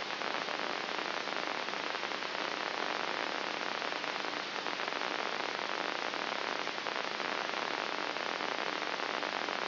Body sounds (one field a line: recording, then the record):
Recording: brain microelectrode recording played as sound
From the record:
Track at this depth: inside the subthalamic nucleus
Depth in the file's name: 5.04 mm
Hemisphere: right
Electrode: 3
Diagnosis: Parkinson's disease